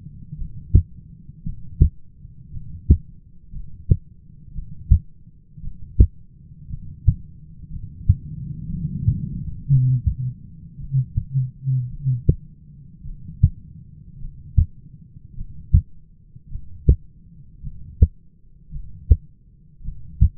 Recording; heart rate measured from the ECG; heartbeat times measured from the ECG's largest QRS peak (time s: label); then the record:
heart sounds by stethoscope; 55 bpm
0.37 s: heartbeat
1.44 s: heartbeat
2.52 s: heartbeat
3.51 s: heartbeat
4.54 s: heartbeat
5.62 s: heartbeat
6.69 s: heartbeat
7.70 s: heartbeat
8.69 s: heartbeat
9.68 s: heartbeat
10.78 s: heartbeat
11.89 s: heartbeat
13.04 s: heartbeat
14.20 s: heartbeat
15.36 s: heartbeat
16.50 s: heartbeat
17.62 s: heartbeat
18.71 s: heartbeat
19.83 s: heartbeat
From the record:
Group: heart failure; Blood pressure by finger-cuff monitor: 102/59 mmHg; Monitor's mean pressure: 70 mmHg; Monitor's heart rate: 55 bpm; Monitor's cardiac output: 6.2 L/min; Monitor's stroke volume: 110 mL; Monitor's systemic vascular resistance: 800 dyn s/cm5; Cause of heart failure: dilated cardiomyopathy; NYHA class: 2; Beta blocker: bisoprolol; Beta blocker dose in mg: 10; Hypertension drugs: sacubitril-valsartan, spironolactone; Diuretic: furosemide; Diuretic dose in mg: 40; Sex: male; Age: 29 years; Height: 174 cm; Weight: 92 kg